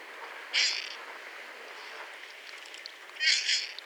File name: Goéland d Audouin (Ichthyaetus audouinii) - Cris râpeux profonds